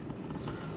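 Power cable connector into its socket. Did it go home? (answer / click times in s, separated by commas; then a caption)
no / none. A power cable connector is pressed into its socket while being rocked left and right. A brief handling noise stands out at about 0.5 s over a steady low rumble, and no one speaks. Nothing has seated or clicked yet.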